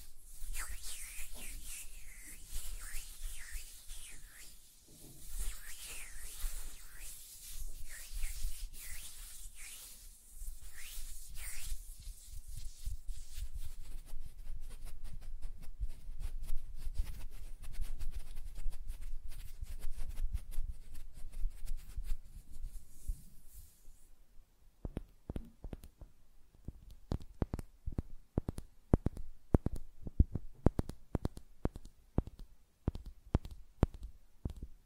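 Hand sounds: for the first twenty-four seconds there is a soft, dense rubbing and fluttering with bright hiss and a low rumble. After a brief pause, crisp, regular tapping on nails takes over, quick clicks repeating steadily until the end.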